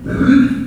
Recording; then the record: squeal of a Yucatan mini pig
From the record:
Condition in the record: after surgery on the right vocal fold (resection and tissue-engineered implant); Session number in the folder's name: 6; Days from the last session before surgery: 40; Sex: female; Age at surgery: 19 weeks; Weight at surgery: 25 kg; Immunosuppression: prednisolone